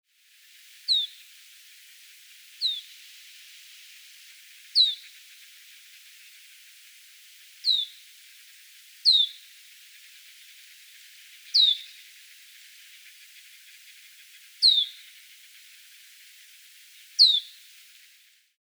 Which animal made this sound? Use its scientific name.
Plectrophenax nivalis